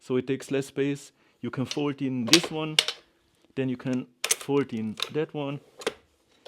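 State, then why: Seated. Someone talks while folding in the sections of a height-adjustable camera gear cart. The second section of the folding metal frame snaps and locks into its folded position with a click at 5.9 s.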